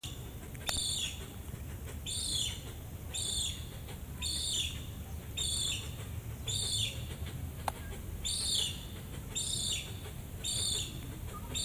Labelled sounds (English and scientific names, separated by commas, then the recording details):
Banded Mongoose (Mungos mungo)
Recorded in captivity
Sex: group
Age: diverse
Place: Tierpark Berlin, Berlin, DE
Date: 2008-08-26 17:30
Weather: overcast, ca. 22°C
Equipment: Sony WM-D6C, Sennheiser ME 80, Kopie Uher 4000 Report Monitor
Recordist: Tembrock, Günter